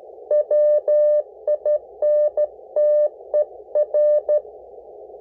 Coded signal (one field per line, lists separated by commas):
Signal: Morse code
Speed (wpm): 13 wpm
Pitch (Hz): 600 Hz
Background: none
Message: WINTER